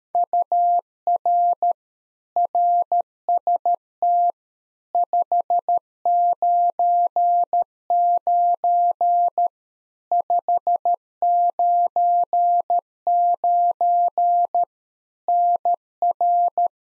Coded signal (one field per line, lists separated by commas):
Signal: Morse code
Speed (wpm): 13 wpm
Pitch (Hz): 700 Hz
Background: none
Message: UR RST 599 599 NR